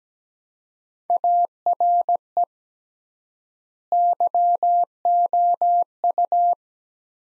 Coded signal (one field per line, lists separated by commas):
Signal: Morse code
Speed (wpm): 17 wpm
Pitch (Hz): 700 Hz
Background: none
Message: ARE YOU